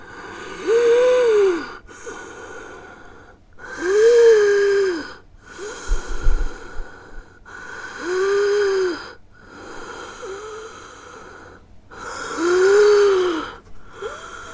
Heavy Breath Wheezing.